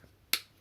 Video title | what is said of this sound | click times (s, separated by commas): Problème Senseo : le café ne coule plus ! Je vous montre l'astuce :) | tapis est par ailleurs un clic voilà | 0.3 s